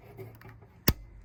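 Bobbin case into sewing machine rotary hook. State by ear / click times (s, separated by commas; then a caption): seated / 0.9 s. A metal bobbin case, half-moon facing up, is pushed onto the hook post of the rotary hook of a Juki DNU 1541S industrial sewing machine. Faint low handling rustle leads up to a single sharp, bright click at 0.9 s as the case latches into place. The bobbin case is seated.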